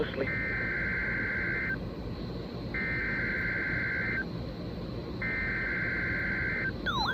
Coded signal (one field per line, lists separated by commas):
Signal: Emergency Alert System (SAME) tones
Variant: header bursts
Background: speech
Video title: EAS #816-818 - Required Weekly Tests